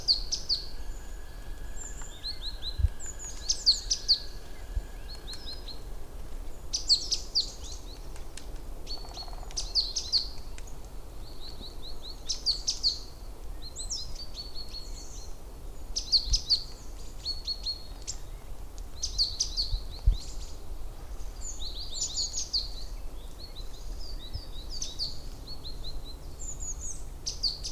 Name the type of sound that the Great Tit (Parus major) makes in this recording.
song